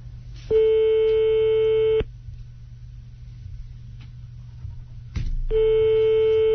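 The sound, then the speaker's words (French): A telephone busy tone after a hang-up: a steady, buzzy mid-pitched electronic tone sounds for about a second and a half, stops for a few seconds over a low hum, then returns. “la communication a été interrompue, c'est que vous avez raccroché”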